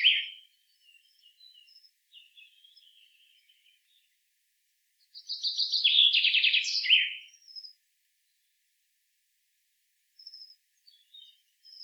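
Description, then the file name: Common chaffinch delivering one full song, a tumbling run of rapid notes descending to a flourish, after the tail of an earlier song, amid faint thin high calls and soft chirps. "Fringilla coelebs"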